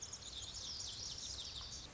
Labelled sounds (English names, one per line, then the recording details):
Lazuli Bunting
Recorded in Sonoma County, California